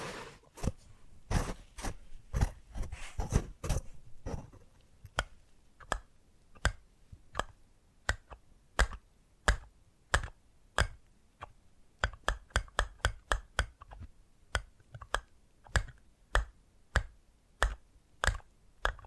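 Crisp, sharp tapping sounds, each a bright click that stops quickly. Early on the taps come in quick uneven bursts, cluster tightly around the middle, then settle into a steadier pace of about two per second. A faint hiss fills the gaps.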